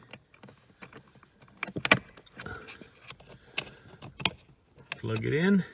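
Someone talks while handling the plastic electrical wiring harness connector at the blower motor terminal during a 2009 Silverado blower fan replacement, with sharp handling knocks and rattles throughout. The connector has not seated or clicked in yet when the clip ends.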